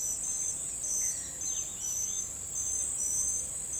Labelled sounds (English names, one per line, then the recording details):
none
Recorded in forest near Pivijay, Magdalena, Colombia, on 16 April 2023 at 06:00
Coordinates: 10.467, -74.380
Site Z5-G034